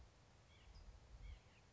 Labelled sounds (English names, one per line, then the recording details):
White-breasted Nuthatch
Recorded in Sonoma County, California